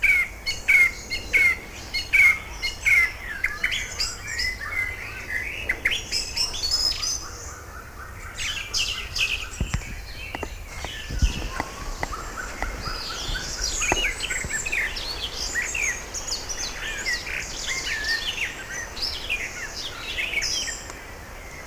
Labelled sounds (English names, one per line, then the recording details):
Song Thrush song
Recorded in the wild
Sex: male
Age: adult
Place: Lübars (Fließtal), Berlin, DE
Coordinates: 52.6167, 13.35
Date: 2000-06-12 18:22
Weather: overcast, 24°C
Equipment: Marantz CP 430, Sennheiser ME 80, Kopie Uher 4000 Report Monitor
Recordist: Tembrock, Günter